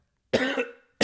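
One harsh, fairly loud cough from an adult man with a small virus caught at carnival, fading over half a second, with another cough starting at the end.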